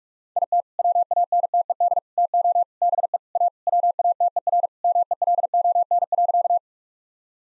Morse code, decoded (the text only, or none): IT WANTED TO BE A WATERMELON.